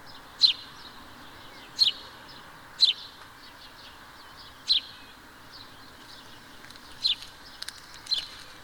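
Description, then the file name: House sparrow calls: six clipped chirps at uneven intervals, with a longer pause midway. "Passer domesticus"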